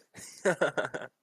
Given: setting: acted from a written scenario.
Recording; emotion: vocal sound without words; pride